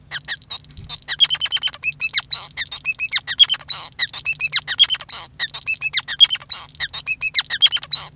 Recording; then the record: song of a male Bengalese finch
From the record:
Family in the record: son of father 5